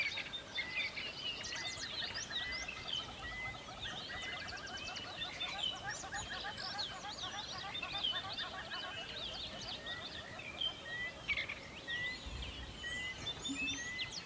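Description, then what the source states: Many birds chirping together, quick twitters and thin whistles layered thickly throughout, set against a constant soft roar. Recorded near a river.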